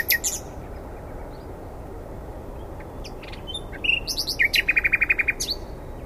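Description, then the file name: Common nightingale singing: scattered sharp notes and whistles, then a fast run of rapid repeated chirps near the end, over steady low background hiss. "Luscinia megarhynchos"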